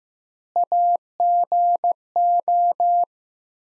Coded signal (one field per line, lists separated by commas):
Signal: Morse code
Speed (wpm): 15 wpm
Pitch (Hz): 700 Hz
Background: none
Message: AGO